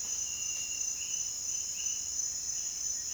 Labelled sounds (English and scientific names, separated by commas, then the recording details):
none
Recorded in dense forest near Puerto Asís, Putumayo, Colombia, on 22 June 2025 at 07:30
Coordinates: 0.466, -76.327
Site GP04